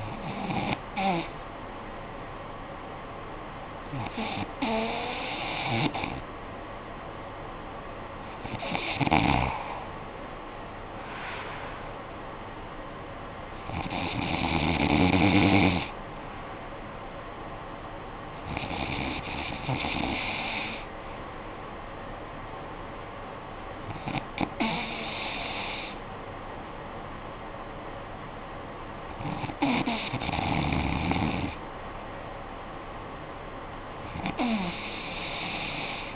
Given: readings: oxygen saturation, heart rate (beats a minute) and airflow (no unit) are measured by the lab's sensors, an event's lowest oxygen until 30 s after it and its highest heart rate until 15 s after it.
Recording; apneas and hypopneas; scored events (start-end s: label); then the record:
breathing in sleep by a voice recorder at the bedside; none
none scored
From the record:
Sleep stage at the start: N2 (light sleep); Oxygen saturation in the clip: 94 to 95%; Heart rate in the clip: 52 to 57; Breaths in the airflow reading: 7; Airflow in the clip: -11.1 to 10.1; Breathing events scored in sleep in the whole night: 445 in 7.6 hours asleep